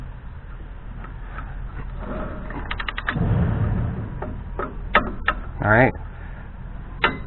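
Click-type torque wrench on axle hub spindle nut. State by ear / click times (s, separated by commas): torque reached / 7.0 s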